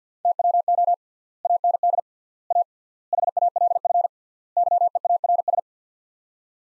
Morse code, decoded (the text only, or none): TWO AND A HALF YEARS